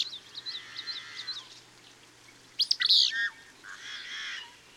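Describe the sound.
Bird song with a rapid run of high chirps followed by a loud harsh burst and fainter warbling; a low steady hum underneath.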